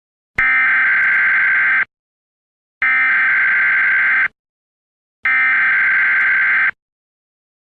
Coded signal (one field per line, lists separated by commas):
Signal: Emergency Alert System (SAME) tones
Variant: header bursts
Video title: #nnn EAS alarm